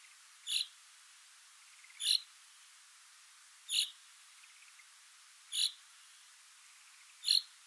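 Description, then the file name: Common chaffinch repeating a short, sharp, bright call note five times, with pauses between. "Fringilla coelebs"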